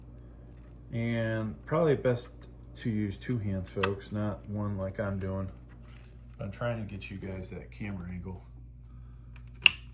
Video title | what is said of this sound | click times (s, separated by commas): Common PC panel and power connectors Macro view: Asus Prime H810m-A WiFi CSM motherboard | And boom, you should hear her pop in, all right? | 9.7 s